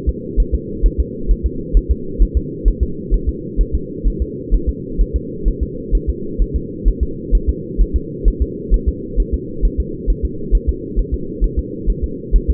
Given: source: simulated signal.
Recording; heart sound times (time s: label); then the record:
fetal heart sounds
0.09 s: S2
0.40 s: S1
0.54 s: S2
0.86 s: S1
1.00 s: S2
1.31 s: S1
1.46 s: S2
1.77 s: S1
1.91 s: S2
2.22 s: S1
2.37 s: S2
2.68 s: S1
2.83 s: S2
3.14 s: S1
3.29 s: S2
3.61 s: S1
3.75 s: S2
4.07 s: S1
4.22 s: S2
4.54 s: S1
4.69 s: S2
5.01 s: S1
5.16 s: S2
5.48 s: S1
5.63 s: S2
5.95 s: S1
6.09 s: S2
6.42 s: S1
6.56 s: S2
6.88 s: S1
7.03 s: S2
7.35 s: S1
7.49 s: S2
7.81 s: S1
7.96 s: S2
8.28 s: S1
8.42 s: S2
8.74 s: S1
8.88 s: S2
9.20 s: S1
9.34 s: S2
9.65 s: S1
9.80 s: S2
10.10 s: S1
10.25 s: S2
10.55 s: S1
10.69 s: S2
10.99 s: S1
11.14 s: S2
11.44 s: S1
11.59 s: S2
11.90 s: S1
12.04 s: S2
12.36 s: S1
12.50 s: S2
From the record:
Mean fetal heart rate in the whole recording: 130 bpm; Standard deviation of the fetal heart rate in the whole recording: 2 bpm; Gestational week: 36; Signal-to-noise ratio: -4.3 dB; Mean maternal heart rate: 72 bpm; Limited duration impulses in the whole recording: absent